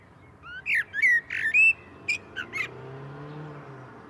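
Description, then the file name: Common blackbird song: several short fluty whistles and squeaky notes. "Turdus merula"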